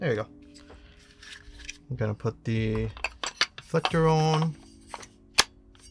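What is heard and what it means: A reflector is fitted onto the front of a compact LED light while someone talks. One loud, sharp snap at 5.4 seconds marks the reflector seating on the light, and afterwards it is on tight.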